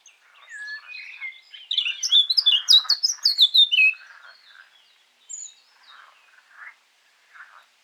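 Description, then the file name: Eurasian blackcap song: a rapid, rich warbled phrase of jumbled high notes, followed by a few faint, soft notes. "Sylvia atricapilla"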